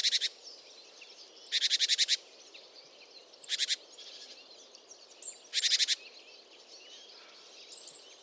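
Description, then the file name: Great tit giving harsh rattling churrs, four buzzy bursts over a faint hiss, with brief high whistled notes between. "Parus major"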